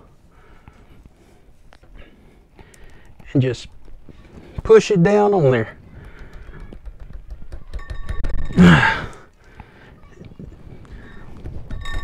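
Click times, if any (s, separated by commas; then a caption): none. A crown cap is set on a glass beer bottle and pressed down with a hand capper while someone talks, with a few soft handling knocks and taps around the speech. The cap has not crimped or popped on yet; nothing has seated by the end of the clip.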